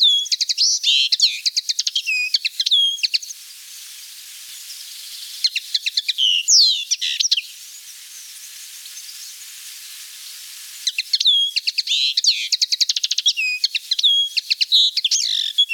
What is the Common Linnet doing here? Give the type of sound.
song